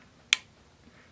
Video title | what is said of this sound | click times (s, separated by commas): Faulty Xbox 360 Controller / Can We Fix It | here you can hear it snap in and | 0.3 s